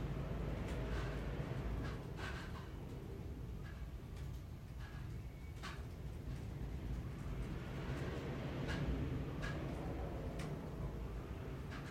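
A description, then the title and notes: Wind presses against a library's windows in a steady, deep roar that barely changes over the twelve seconds. Short sharp rattles and ticks from the panes cut through every second or two, clearest near 2, 6 and 9 seconds. Whistling wind rattling the windows, inside the library, London, UK in January 2023 – by Siddharth Khajuria.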